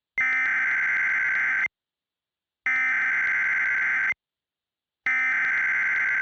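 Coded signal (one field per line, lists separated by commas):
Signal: Emergency Alert System (SAME) tones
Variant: header bursts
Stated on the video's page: Fictional EAS scenario.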